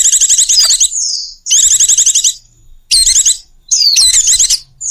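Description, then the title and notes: Bird calls: loud rapid trills of repeated high notes in several bursts, with sharp falling whistles between them. Bird lure sounds used to attract stubborn, hard-to-approach birds. "Suara Burung Bandel Yang Susah Mendekati. Kompilasi Suara Pikat Burung"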